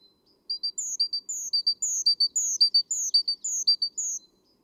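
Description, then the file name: Great tit calling in a rapid, regular run of high notes, paired short chips alternating with a longer, higher falling note, about two groups per second. "Parus major"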